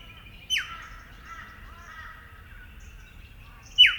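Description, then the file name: Eastern yellow robin with a sharp falling note, a soft warbled trace after it, then another abrupt downslurred note about three seconds later. "Eopsaltria Australis"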